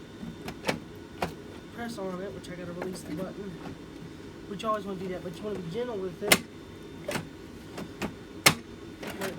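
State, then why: Seated. A section of the telescoping support pole on a Gemmy life-size 6-foot Edwardian butler Halloween figure is raised after its spring release button is pressed gently, while someone talks throughout. Small clicks and taps come from the pole early on and near the end. A sharp click at 8.5 s marks the section locking into place.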